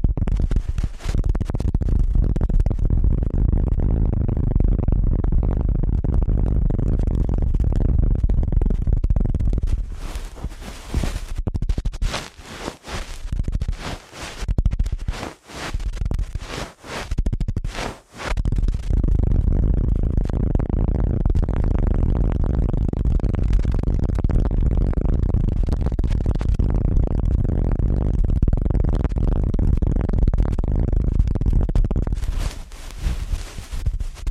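Ear cleaning at helicopter speed: a dense, rapid rustling scratch that thins into choppy bursts midway, then resumes steady near the end.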